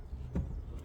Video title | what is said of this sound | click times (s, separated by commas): RUHENS WHP-2300 FILTER CHANGE DIY | 끝까지 딸깍 소리가 날 때까지 돌려 주시고요 | 0.4 s